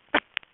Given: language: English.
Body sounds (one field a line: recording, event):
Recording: throat vibration sensor signal played as sound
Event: cough